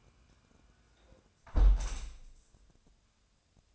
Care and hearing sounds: daily activity, microphone in the room; close window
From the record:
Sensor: 2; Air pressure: 1000.3 hPa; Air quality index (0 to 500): 148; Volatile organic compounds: 2 ppm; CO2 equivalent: 1234 ppm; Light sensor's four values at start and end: 11/31/12/14 and 11/30/11/13

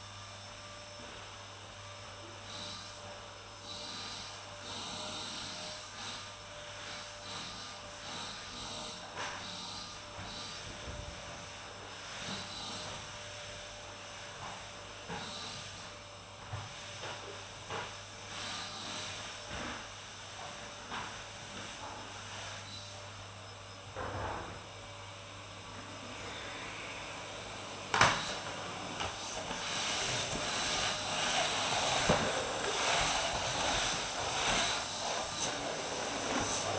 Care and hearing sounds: daily activity, microphone in the room; vacuum cleaning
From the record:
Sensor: 2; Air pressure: 988.5 hPa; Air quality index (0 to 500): 195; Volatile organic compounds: 210 ppm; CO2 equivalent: 4244 ppm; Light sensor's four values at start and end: 19/66/26/24 and 19/64/25/23

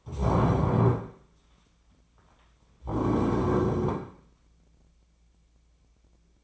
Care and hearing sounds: daily activity, microphone in the room; stand up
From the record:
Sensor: 1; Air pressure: 1009.3 hPa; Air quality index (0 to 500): 177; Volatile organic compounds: 3 ppm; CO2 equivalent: 1495 ppm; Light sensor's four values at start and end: 42/112/46/55 and 40/105/44/52

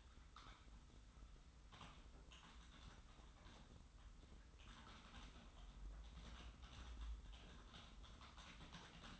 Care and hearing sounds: daily activity, microphone in the room; typing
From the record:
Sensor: 3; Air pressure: 990.9 hPa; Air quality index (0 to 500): 139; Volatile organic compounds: 261 ppm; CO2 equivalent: 4388 ppm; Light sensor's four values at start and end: 36/86/35/33 and 36/86/34/33

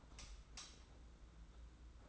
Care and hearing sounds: daily activity, microphone in the room; light off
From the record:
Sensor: 3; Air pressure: 991.9 hPa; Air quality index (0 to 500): 221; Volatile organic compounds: 1000 ppm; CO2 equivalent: 7569 ppm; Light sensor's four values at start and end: 22/60/24/21 and 16/39/15/14

